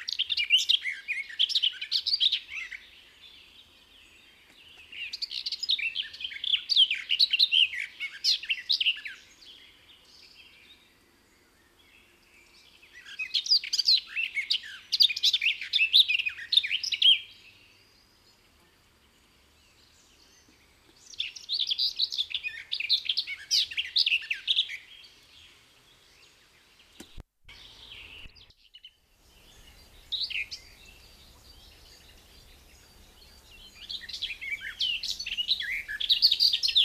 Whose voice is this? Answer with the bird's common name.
Garden Warbler